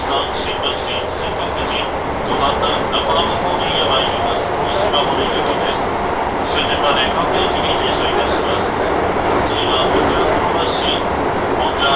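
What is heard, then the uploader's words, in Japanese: Riding a train from the Hokuso Railway onto the Toei Asakusa Line, a dense, steady rumble of the moving car fills all twelve seconds. A voice speaks over it intermittently, while short high whines and clicks recur every second or so. 耳で楽しむ鉄道旅 北総鉄道→都営浅草線 東松戸→人形町。正確には京成高砂から京成本線と京成押上線を通って都営浅草線に入ります。途中で車掌さんも交代するので、路線ごとのアナウンスの違いも分かると思います。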